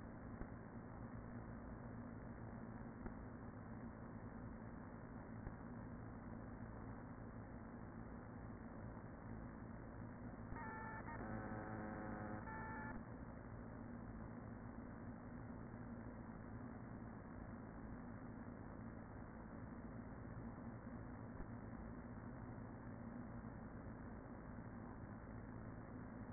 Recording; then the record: honeybee colony, microphone inside the hive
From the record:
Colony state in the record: queen present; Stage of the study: after two queens were removed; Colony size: about 40,000 bees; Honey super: no